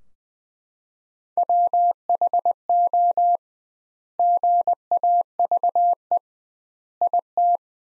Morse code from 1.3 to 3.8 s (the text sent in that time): WHO